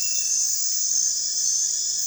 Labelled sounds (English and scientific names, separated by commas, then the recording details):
none
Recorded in dense forest near Puerto Asís, Putumayo, Colombia, on 23 June 2025 at 23:30
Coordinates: 0.468, -76.322
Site GP03